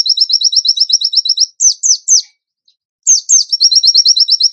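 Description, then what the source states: Bird song: a fast series of clipped high notes, a few down-slurred chips, a pause, then the rapid note series again. Masteran training recording; tembakan gacor song style.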